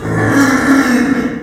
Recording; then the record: squeal of a Yucatan mini pig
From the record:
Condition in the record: after surgery on the right vocal fold (resection and tissue-engineered implant); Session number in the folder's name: 4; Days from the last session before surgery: 26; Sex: female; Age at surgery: 19 weeks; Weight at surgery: 25 kg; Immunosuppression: prednisolone